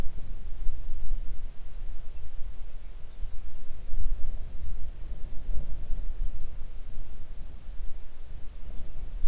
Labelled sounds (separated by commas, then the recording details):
songbird, wind
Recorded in the Arctic National Wildlife Refuge, Alaska, on 3 June 2019 at 04:53
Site 37